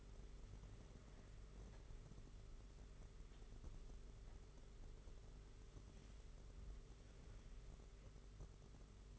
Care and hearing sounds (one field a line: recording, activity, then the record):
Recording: daily activity, microphone in the room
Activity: wipe stove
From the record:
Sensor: 4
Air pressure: 992.3 hPa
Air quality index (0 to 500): 111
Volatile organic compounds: 19 ppm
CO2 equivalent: 2657 ppm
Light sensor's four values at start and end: 22/76/28/29 and 22/76/28/29